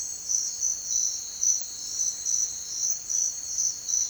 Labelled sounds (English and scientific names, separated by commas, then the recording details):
none
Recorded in secondary vegetation near Puerto Asís, Putumayo, Colombia, on 29 June 2025 at 07:30
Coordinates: 0.499, -76.323
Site G077